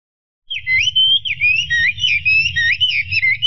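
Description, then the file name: Chinese hwamei song: a continuous run of loud, wavering whistled notes that swoop up and down, over a steady low rumble. "audio kicauan burung hwamei. omkicau"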